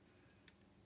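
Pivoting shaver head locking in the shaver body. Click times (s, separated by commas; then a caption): 0.5 s. With the wet/dry selector on a Braun Series 9 Wet/Dry electric shaver slid to the wet position, the pivoting shaver head locks into a fixed spot in the shaver body. A short plastic click at 0.5 s marks the head seating, with fainter ticks around 0.3 s and 0.6 s over a low background hum. The head is locked in place.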